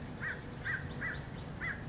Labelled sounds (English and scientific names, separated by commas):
American Crow (Corvus brachyrhynchos)